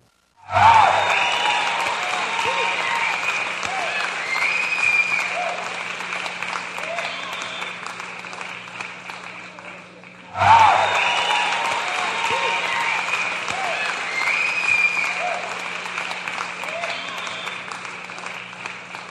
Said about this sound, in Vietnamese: Khán giả cười lăn cười lộn. Tiếng vỗ tay rang lên tứ phía. Buổi biểu diễn kết thúc thắng lợi.